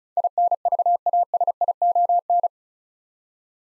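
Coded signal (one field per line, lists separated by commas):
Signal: Morse code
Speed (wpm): 36 wpm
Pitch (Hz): 700 Hz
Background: none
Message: INVASION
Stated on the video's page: Morse word-copying practice at 35 wpm: eight-letter words sent, spoken, then sent again.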